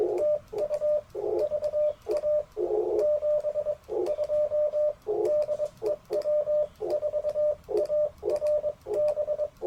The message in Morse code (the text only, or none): TU VA 72 DE W4ARB